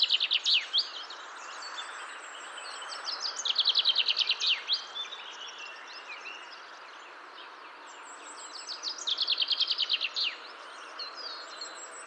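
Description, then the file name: Common chaffinch singing several phrases, each a rattling run of notes descending into a final flourish, with faint high-pitched birdsong behind. "Fringilla coelebs"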